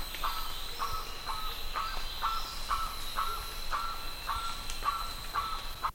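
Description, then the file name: Bird calls: short, clear whistled notes repeated about twice a second at a steady pitch, over a constant high insect-like hum and low rumbling background noise. "SABIOD 50 bird 2015"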